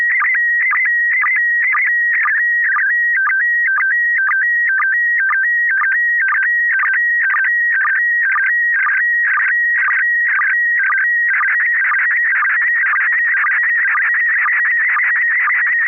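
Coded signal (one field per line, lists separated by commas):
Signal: SSTV (slow-scan television)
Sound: steady high warbling tone, rhythmic chirps and low blips about twice a second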